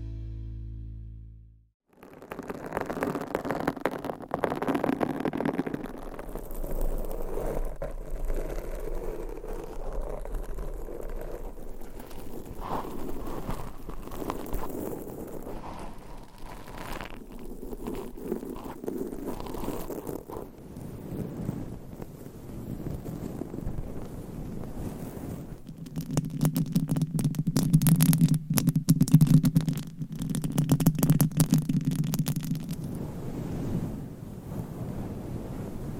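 Nails scratch and rub across microphone covers in a steady, dense rasp that is heavy in the low and middle range. A short low hum opens before a brief silence at about two seconds. After about 26 seconds the rubbing grows louder, with a low buzzing drone.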